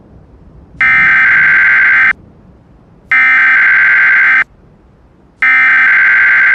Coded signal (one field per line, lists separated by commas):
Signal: Emergency Alert System (SAME) tones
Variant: header bursts